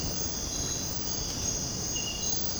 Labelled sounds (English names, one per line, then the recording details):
none
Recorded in dense forest near Puerto Asís, Putumayo, Colombia, on 18 February 2024 at 06:00
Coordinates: 0.503, -76.322
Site G6418